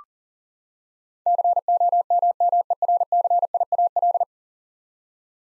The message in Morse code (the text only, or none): COMMERCIAL